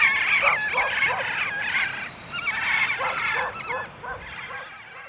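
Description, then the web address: Yellow-eared parrot giving raspy, nasal squawks and chatter almost continuously, fading slightly toward the end. "Birds of Ecuador. Yellow-eared Parrot"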